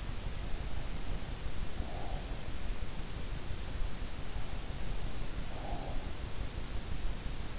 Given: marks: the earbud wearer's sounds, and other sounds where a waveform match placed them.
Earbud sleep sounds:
sounds in sleep by an in-ear microphone; breath
1.60-2.88 s: breath
5.00-6.54 s: breath

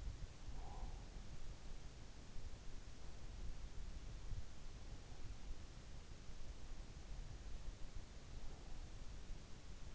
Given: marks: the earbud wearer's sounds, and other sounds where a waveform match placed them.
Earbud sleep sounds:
sounds in sleep by an in-ear microphone; breath
0.00-1.38 s: breath

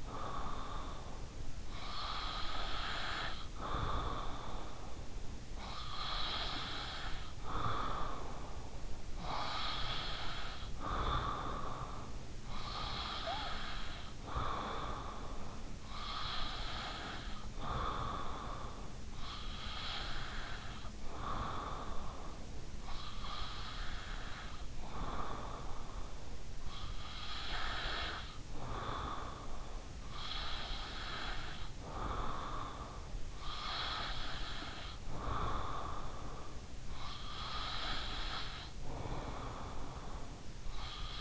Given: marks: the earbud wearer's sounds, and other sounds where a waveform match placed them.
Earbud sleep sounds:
sounds in sleep by an in-ear microphone; breath
0.00-41.21 s: breath

